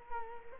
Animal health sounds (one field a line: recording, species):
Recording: mosquito wingbeat signal from an infrared sensor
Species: Culex quinquefasciatus